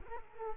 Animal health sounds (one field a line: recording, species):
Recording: mosquito wingbeat signal from an infrared sensor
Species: Culex quinquefasciatus